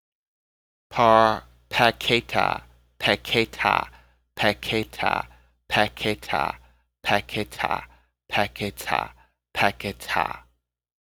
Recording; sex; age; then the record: repeated syllables /pa ta ka/; male; 30 to 39 years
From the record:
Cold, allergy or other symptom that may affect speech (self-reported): no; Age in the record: 34 years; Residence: Virginia, United States